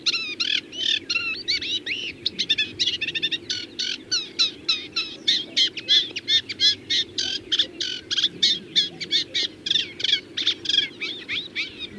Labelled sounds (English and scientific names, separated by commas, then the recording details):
Eurasian Reed Warbler (Acrocephalus scirpaceus) song
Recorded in the wild
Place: Anklam, Mecklenburg-Vorpommern, DE
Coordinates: 53.812, 13.861
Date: 1980-05-26
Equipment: Nagra III BH, Sennheiser MD 21, parabola
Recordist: Schubert, Michael